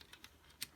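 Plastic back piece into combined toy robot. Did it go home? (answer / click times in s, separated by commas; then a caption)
no / none. A plastic Tombo back piece is handled and slid onto the back of a combined toy robot, making a few light, clicky plastic taps with the loudest near 0.6 seconds. The piece has not seated or clicked into place yet.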